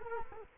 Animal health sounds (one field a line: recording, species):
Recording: mosquito wingbeat signal from an infrared sensor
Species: Culex quinquefasciatus